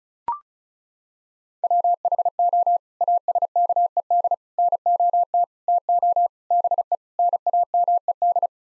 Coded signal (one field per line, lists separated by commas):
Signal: Morse code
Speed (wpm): 34 wpm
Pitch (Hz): 700 Hz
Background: none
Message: WHO ASKED NOT TO BE NAMED